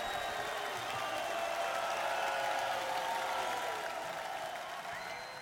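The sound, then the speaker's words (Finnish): A concert crowd applauds and cheers after the band finishes playing, in a dense, steady roar of clapping, with sustained shouts and whistles riding on top. It stays loud throughout, easing off slightly at the very end. “No niin, turpa kiinni siellä yleisössä, kun bändi lopetti soittamisen.”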